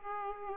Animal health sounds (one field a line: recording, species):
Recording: mosquito wingbeat signal from an infrared sensor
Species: Aedes aegypti